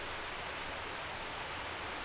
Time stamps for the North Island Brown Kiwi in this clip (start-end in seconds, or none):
none